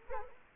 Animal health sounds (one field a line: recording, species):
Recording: mosquito wingbeat signal from an infrared sensor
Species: Culex quinquefasciatus